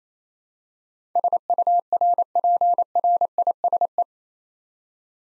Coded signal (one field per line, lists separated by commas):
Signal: Morse code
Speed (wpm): 29 wpm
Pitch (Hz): 700 Hz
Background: none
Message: SURPRISE